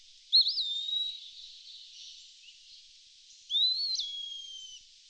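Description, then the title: Eastern wood pewee with two sweet whistled phrases: first a quick up-down slur, then a longer rising whistle that tapers off, over light background hiss. "LuckyPassaro Completos2Sama. Eastern Wood Pewee (Contopus virens)"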